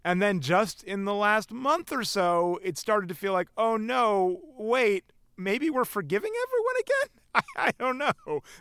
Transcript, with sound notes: And then just in the last month or so, it started to feel like, oh, no wait. Maybe we're forgiving everyone again? (Laughter).
I don't know.